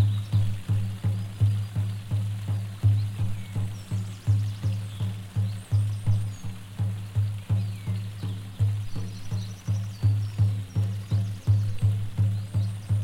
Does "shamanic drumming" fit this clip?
yes